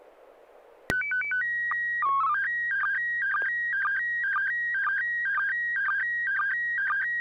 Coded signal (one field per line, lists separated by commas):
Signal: SSTV (slow-scan television)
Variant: PD 120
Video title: N6NA SSTV Net - 07/30/2025